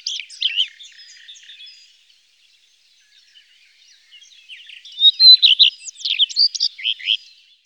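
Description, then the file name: Common redstart: high, scratchy, varied bird phrases at the start and again later, with a short louder burst of quick notes and twitters, and faint chirping between. "Gartenrotschwanz"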